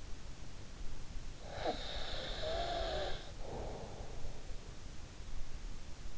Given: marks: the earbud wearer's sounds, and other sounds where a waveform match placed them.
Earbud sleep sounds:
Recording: sounds in sleep by an in-ear microphone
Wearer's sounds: snoring breath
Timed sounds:
1.36-4.77 s: snoring breath

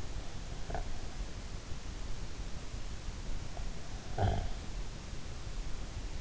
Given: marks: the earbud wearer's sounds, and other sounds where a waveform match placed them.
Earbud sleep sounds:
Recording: sounds in sleep by an in-ear microphone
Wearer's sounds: breath, snoring breath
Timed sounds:
0.30-1.20 s: breath
3.98-4.89 s: snoring breath

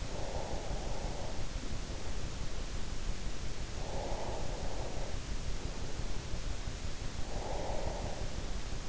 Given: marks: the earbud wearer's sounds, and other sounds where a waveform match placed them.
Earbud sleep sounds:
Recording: sounds in sleep by an in-ear microphone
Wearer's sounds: breath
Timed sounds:
0.00-1.77 s: breath
3.71-5.39 s: breath
6.91-8.56 s: breath

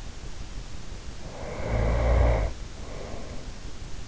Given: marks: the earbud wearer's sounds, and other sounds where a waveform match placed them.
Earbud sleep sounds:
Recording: sounds in sleep by an in-ear microphone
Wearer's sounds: snoring breath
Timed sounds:
0.98-3.52 s: snoring breath

